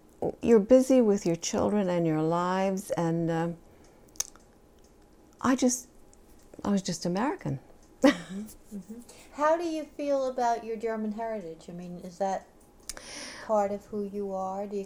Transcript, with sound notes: you're busy with your children and your lives, and I just, I was just American. (she laughs)
How do you feel about your German heritage? I mean, is that part of who you are?